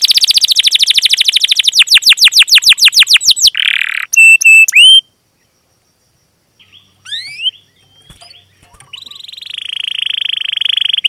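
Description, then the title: Canary singing rapid repeated downward-sweeping whistles, then a buzzy note and clipped looped phrases, a silent gap, scattered soft chips and a long buzzy trill. Lure song (pancingan) of a canary described as singing vigorously and at length, with a full repertoire of song content. "PANCINGAN Kenari GACOR PANJANG. Pancingan Gacor Full Isian"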